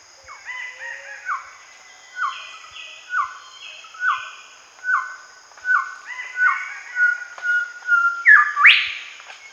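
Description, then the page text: Golden whistler song: several phrases of clear, downward-slurred whistles, ending in a sharp upswept crack; a steady high hiss runs throughout. "Golden Whistler Song. Quick Sounds"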